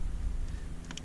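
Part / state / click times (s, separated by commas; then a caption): plastic dash trim panel clips into dashboard / not seated / none. A plastic dash trim panel on a 2008 Toyota Sienna is being handled and pressed down toward its retaining clips in the dashboard while the dash is reassembled after a blend door actuator replacement. Low steady rumble is heard with a few faint, light ticks of handling near the end. Nothing has seated or clicked into place yet.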